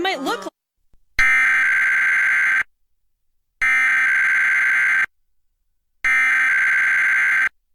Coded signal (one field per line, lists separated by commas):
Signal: Emergency Alert System (SAME) tones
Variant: header bursts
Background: speech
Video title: EAS #560: EAS Required Weekly Test- Oct. 18, 2021- 11:28AM PDT